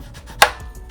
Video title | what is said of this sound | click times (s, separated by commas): Aputure STORM 400x - The LensPal | twist this over and that locks it in place, which I actually prefer because then you're not like | 0.4 s